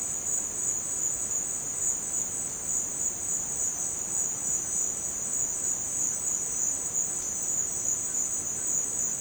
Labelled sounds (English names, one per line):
none